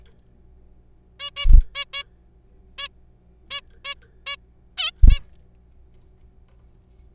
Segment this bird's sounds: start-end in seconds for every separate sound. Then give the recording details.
1.20-1.30, 1.36-1.46, 1.75-1.84, 1.93-2.03, 2.78-2.88, 3.51-3.60, 3.85-3.94, 4.26-4.36, 4.78-4.91, 5.10-5.20. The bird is a juvenile. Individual R3428